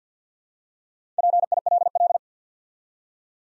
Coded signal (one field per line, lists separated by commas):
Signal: Morse code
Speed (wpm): 50 wpm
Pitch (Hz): 700 Hz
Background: none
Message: PILL